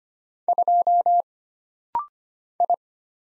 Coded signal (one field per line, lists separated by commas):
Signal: Morse code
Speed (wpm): 25 wpm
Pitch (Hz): 700 Hz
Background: none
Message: 2 I